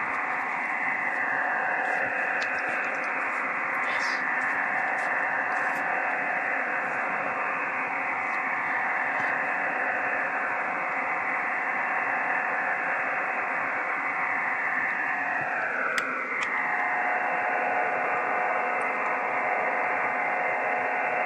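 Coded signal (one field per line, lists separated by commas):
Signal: digital SSTV (DRM)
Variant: EasyPal (DRM)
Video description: Using EasyPal to decode digital Slow Scan TV on 14.233MHz.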